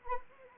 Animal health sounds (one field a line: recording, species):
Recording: mosquito wingbeat signal from an infrared sensor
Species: Anopheles arabiensis